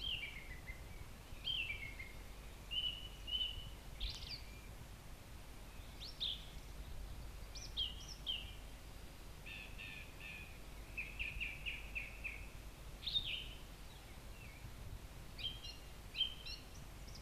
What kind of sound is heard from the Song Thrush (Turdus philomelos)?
song